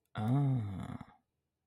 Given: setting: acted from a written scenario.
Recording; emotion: vocal sound without words; interest